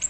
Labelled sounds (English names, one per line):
Ovenbird flight call